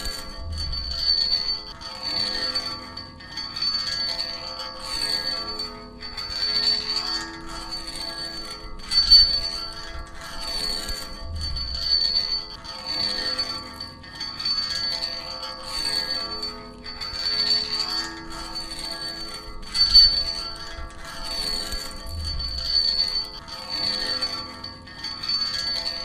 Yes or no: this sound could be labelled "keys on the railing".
yes